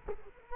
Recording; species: mosquito wingbeat signal from an infrared sensor; Culex quinquefasciatus